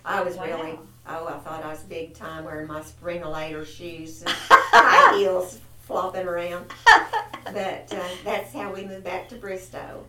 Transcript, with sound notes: I was really--
Yeah.
Oh, I thought I was big time wearing my Springolator shoes-- (Laughter) --high heels flopping around. But that's how we moved back to Bristow.